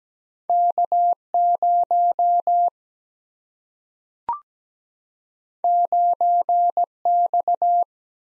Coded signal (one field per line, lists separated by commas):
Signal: Morse code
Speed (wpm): 17 wpm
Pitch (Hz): 700 Hz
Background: none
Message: K 0 9 X